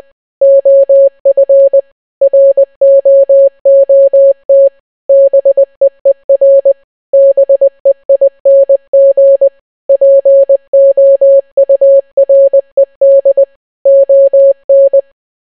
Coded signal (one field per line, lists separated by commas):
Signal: Morse code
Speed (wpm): 20 wpm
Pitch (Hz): 550 Hz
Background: none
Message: OF ROOT BEER BEING POURED ON